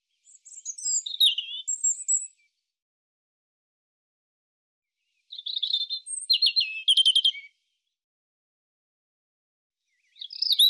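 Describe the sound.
European robin song: short bursts of high, sweet, thin notes and trills, separated by pauses of several seconds, with a third phrase starting at the end.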